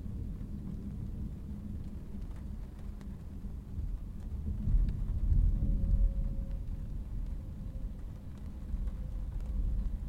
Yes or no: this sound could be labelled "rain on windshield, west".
yes